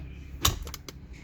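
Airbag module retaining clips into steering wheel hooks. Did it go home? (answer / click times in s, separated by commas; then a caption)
yes / 0.4 s, 0.9 s. A Kia Sportage's driver airbag module is pressed down evenly onto the steering wheel so its three plastic retaining clips snap into their hooks. A sharp snap at 0.5 s is followed by two fainter ticks and another crisp snap at 0.9 s. The clips seat home.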